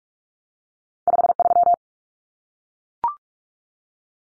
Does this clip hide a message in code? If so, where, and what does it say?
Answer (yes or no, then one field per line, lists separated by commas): yes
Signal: Morse code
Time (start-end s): 1.1-1.7 s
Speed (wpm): 44 wpm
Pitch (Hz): 700 Hz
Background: none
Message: 53